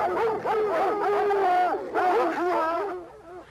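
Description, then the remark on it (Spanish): A pack of hounds barking and baying together in a forest, several overlapping voices rising and falling in drawn-out, wavering cries, loud and almost continuous with a brief dip midway before trailing off; from the 1960 Disney film The Hound That Thought He Was A Raccoon. “Hasta el corazón del bosque llegaban los ladridos de la jauría.”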